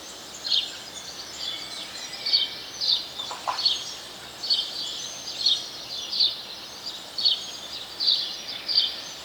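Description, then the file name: House sparrow gives sharp, short chirps over several seconds; one brief lower sound appears midway amid steady background noise. "Passer domesticus"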